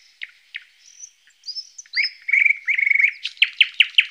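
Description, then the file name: Thrush nightingale song, soft whistled notes swelling into a fast run of loud chattering clicks repeated several times a second. "noordse nachtegaal thrush nightingale"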